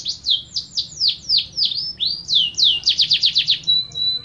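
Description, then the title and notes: Canary song of bright descending slurred notes repeated steadily, then a faster burst and a short thin whistle at the end. Canary master song recording used as a training tutor for other canaries. "Suara Burung Kenari Masteran. master suara burung kenari mantap"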